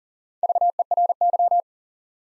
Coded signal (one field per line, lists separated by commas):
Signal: Morse code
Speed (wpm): 40 wpm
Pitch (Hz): 700 Hz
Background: none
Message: VERY